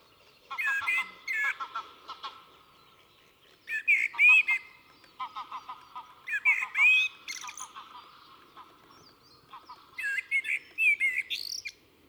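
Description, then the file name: Common blackbird singing four melodious phrases roughly every three seconds, each a fluty warble ending in a thin, squeaky flourish. "Turdus merula"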